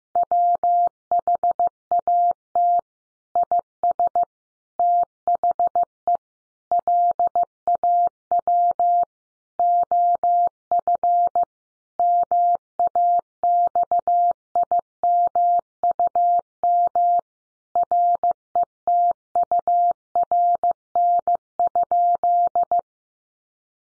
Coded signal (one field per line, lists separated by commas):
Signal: Morse code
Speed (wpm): 15 wpm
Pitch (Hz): 700 Hz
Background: none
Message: WHAT IS THE LAW OF MAXIMUM RETURN?